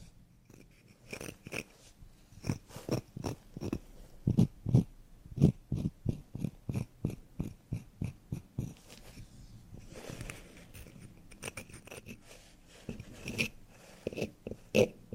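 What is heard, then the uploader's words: Quick scratching strokes come in a fast, regular run of sharp scrapes from about one to nine seconds, each with a dull low thud beneath. After a quieter, softer rubbing patch, shorter bursts of brisk scratching return near thirteen seconds. TimASMR-Mini Scratching on Carpet, Wood, PVC, and more (NO TALKING).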